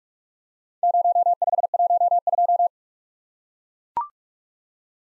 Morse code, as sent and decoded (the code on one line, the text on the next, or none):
----- ..... .---- ..---
0512